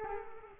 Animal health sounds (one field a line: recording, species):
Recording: mosquito wingbeat signal from an infrared sensor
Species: Culex quinquefasciatus